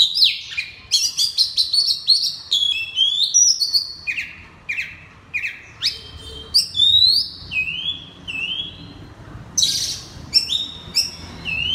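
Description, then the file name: Oriental magpie-robin song of clear, loud whistles mixed with scratchy notes, phrases tumbling quickly with brief gaps, some slurred downward and some rising. Loud song in the 'ngeplong' style of the kacer. "suara kacer ngeplong keras"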